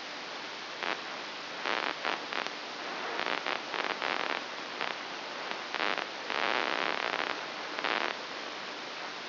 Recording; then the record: brain microelectrode recording played as sound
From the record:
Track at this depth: inside the subthalamic nucleus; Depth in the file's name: 4.002 mm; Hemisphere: right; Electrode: 3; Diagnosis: Parkinson's disease